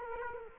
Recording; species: mosquito wingbeat signal from an infrared sensor; Culex quinquefasciatus